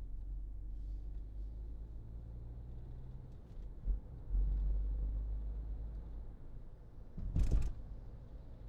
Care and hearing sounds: everyday scene through a hearing-aid microphone; in a vehicle; engine, highway driving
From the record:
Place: Berlingo II, diesel engine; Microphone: in the ear canal, left

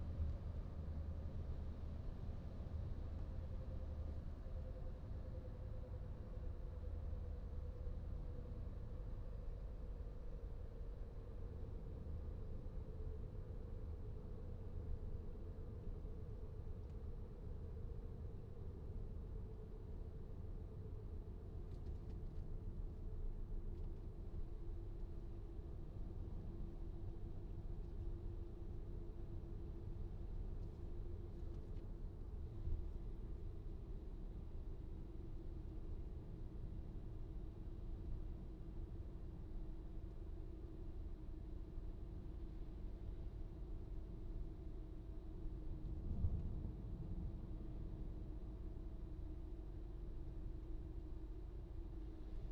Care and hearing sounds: everyday scene through a hearing-aid microphone; in a vehicle; engine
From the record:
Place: VW T5 Caravelle, diesel engine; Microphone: in the ear canal, right

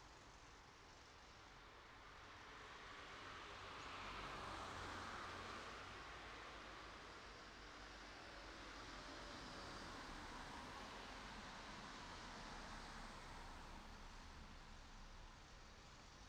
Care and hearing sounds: everyday scene through a hearing-aid microphone; in traffic; traffic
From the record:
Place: city secondary road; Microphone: in the ear canal, right

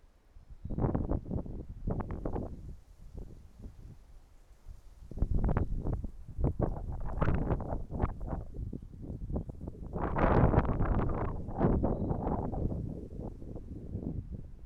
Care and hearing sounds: everyday scene through a hearing-aid microphone; wind on the microphone; wind, traffic, birds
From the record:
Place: suburban garden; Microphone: behind the ear, right, front

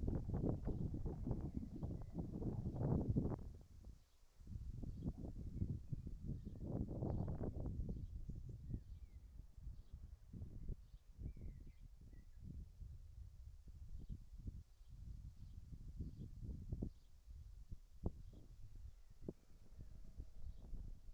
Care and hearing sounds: everyday scene through a hearing-aid microphone; wind on the microphone; wind, whistling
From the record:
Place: in front of a rural house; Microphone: behind the ear, right, front

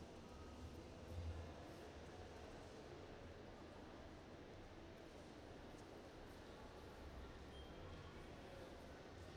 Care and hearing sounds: everyday scene through a hearing-aid microphone; reverberant space; background noise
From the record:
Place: railway station hall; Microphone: in the ear canal, right

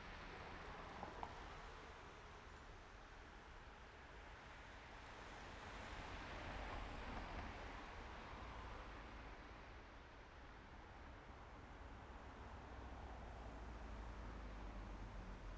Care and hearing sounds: everyday scene through a hearing-aid microphone; in traffic; traffic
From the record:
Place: main road on the outskirts, rush hour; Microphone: behind the ear, right, rear

